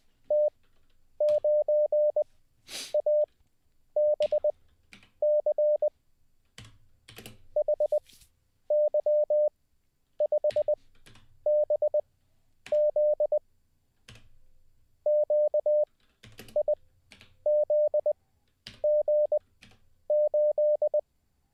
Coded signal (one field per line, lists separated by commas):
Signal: Morse code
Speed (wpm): 20 wpm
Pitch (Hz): 600 Hz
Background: none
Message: T9ABC HY5BZ QIZG8